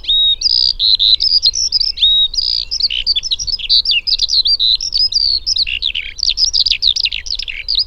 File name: alauda arvensis